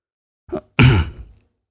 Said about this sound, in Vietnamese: … đằng hắng một tiếng.